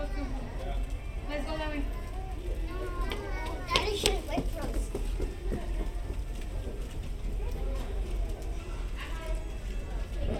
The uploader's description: the background music and sounds found in the hotel lobby, and surrounding area